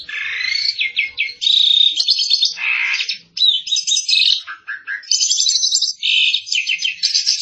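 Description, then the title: Asian pied starling song, a dense run of varied chattering phrases, trills and harsh buzzy notes, with a brief lower whistled section near the middle. Full song with complete fill-in repertoire. "Jalak Suren Full Isian"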